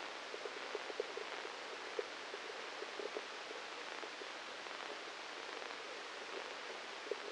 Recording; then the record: brain microelectrode recording played as sound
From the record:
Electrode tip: inside the subthalamic nucleus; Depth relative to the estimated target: -1 mm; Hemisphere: left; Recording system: NeuroSet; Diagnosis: Parkinson's disease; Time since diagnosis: 8 years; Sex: male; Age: 37 years